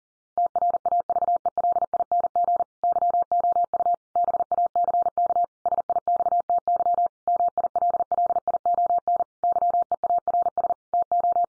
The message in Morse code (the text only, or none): TRAVELING YOU BACK SIXTY MILLION YEARS TO